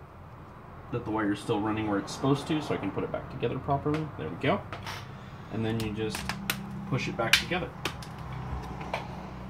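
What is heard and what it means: Someone talks while handling the plastic screen bezel of a laptop, lining it up to push back onto the display lid after the camera and microphone wire has been rerouted. Light plastic taps and rustles come through under the talking, with a brief sharp tap near the end. Nothing has seated or clicked into place yet.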